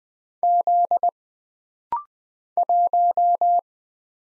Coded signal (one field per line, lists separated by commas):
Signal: Morse code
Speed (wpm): 20 wpm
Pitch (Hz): 700 Hz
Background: none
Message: Z 1